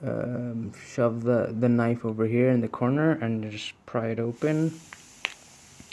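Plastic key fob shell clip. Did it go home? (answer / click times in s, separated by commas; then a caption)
released / 5.2 s. Someone talks while a knife is pushed into the corner seam of a plastic Toyota key fob shell and twisted to pry the two halves apart, done to change the battery. At 5.3 seconds the shell snaps open with a single sharp click, and the fob case is released.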